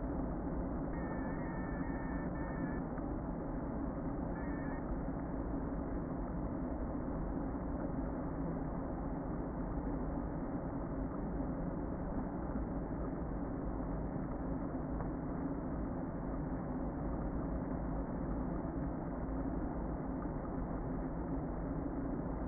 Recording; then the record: honeybee colony, microphone inside the hive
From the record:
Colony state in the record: queen present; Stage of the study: before two queens were removed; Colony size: about 60,000 bees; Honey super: yes